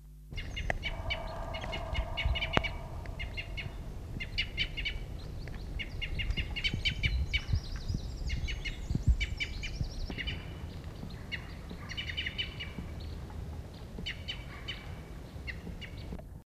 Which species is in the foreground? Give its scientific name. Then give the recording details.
Loxia curvirostra. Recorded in the wild. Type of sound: call. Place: Häfern bei Schneeren (Neustadt am Rübenberge), Mecklenburg-Vorpommern, DE. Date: 1977-02-27. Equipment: Halbspur, 9,5 cm/s. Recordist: Lütgens, Hans. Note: Junge